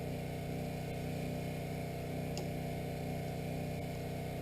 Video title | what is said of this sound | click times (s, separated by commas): redneck golfcart pt 2 | and I hear the click. | 2.4 s